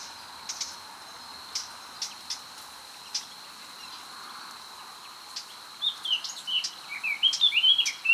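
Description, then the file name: Eurasian blackcap giving sharp clicking tac notes at irregular intervals, followed by a quick burst of high, scratchy warbling notes in the final seconds. "Sylvia atricapilla"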